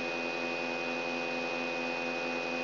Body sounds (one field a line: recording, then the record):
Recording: brain microelectrode recording played as sound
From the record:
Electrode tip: outside the subthalamic nucleus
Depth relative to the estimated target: -4 mm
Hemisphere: left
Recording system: AlphaMap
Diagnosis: Parkinson's disease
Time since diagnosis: 9 years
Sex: female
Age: 46 years